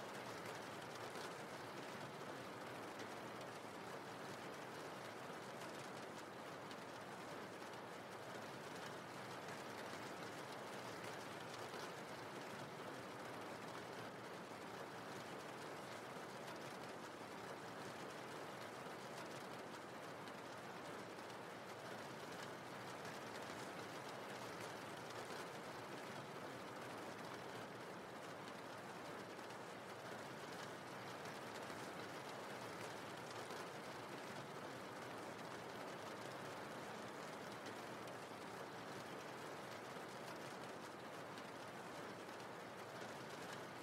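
Rain falls in a dense, unbroken hiss that holds steady for the whole recording, with no gaps or distinct drops standing out. A low rumble runs underneath, somewhat like a passing train, and the level barely shifts from start to finish.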